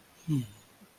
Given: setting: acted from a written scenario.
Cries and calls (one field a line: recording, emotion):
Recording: vocal sound without words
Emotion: interest